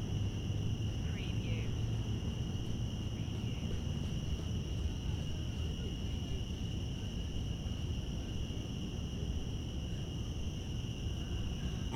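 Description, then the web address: Cicadas keeping up a flat, sustained shrill drone throughout, with a short bird chirp early on and steady low rumble underneath. Cicadas in Central Park. "lynne-publishing Central Park cicadas"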